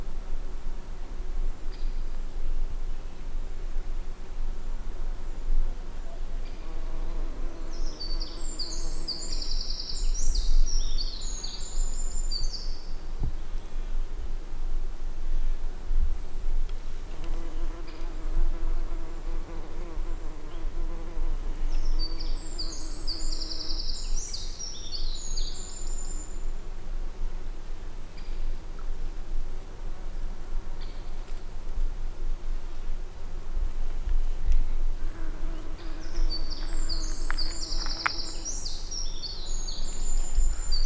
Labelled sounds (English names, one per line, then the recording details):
Eurasian Wren song
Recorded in the wild
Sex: male
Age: adult
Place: Langasjönas, Blekinge, SE
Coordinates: 56.2369, 14.8611
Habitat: wood
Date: 2006-07-30
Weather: no clouds, ca. 20°C, almost no wind
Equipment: Marantz PMD 660, Sennheiser ME 66, Windkorb
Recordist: Frommolt, Karl-Heinz